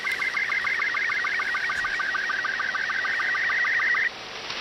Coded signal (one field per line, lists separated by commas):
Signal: SSTV (slow-scan television)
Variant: Robot 36